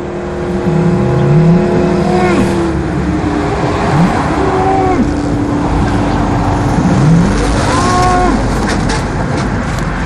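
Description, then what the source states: Belgian Blue cattle mooing, a few low drawn-out moos under the steady roar of motorway traffic. Heard at a roadside picnic face to face with the animal, beside a motorway on open land with no hills.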